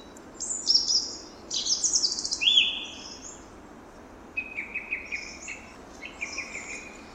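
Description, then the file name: Song thrush song: clear high whistled phrases, then a short note repeated several times in a row, with quiet pauses between bursts. "enekesrigo hangja"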